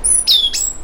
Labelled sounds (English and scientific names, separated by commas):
Stitchbird (Notiomystis cincta) song